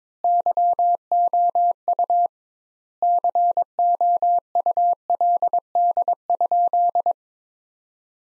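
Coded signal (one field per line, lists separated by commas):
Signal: Morse code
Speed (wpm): 22 wpm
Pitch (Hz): 700 Hz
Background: none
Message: YOU COULD?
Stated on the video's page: Morse practice at 22 wpm: sentences from the top 400 words sent with 2x standard word spacing, a word-based Farnsworth-like method.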